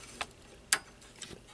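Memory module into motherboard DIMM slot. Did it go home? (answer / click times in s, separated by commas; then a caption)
yes / 0.7 s. A memory module is pushed down at its far end into a motherboard DIMM slot, and its plastic latch snaps in with a sharp, bright click at 0.7 s, between fainter ticks at about 0.2 s and 1.2 s. The module is seated, and both modules are now installed.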